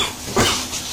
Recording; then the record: coughing mixed with background sound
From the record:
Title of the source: Spring Cold Coughing 2